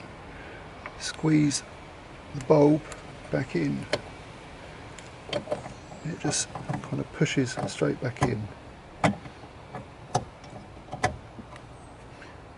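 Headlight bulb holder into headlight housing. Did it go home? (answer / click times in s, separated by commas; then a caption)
yes / 10.2 s, 11.0 s. A headlight bulb and its holder on a Fiat 500L are pushed straight back into the headlight housing while someone talks. Sharp clicks at 10.2 s and 11.0 s mark the bulb assembly seating firmly into place.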